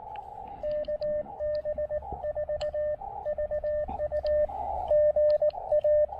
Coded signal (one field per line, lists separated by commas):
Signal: Morse code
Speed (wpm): 18 wpm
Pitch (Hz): 590 Hz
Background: radio noise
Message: KB4VU GA